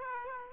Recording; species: mosquito wingbeat signal from an infrared sensor; Aedes aegypti